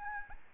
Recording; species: mosquito wingbeat signal from an infrared sensor; Aedes albopictus